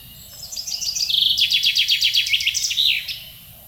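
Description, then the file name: Common chaffinch song: a bright series of sharp repeated notes descending in stages, closing with a quick flourish. "Fringilla coelebs"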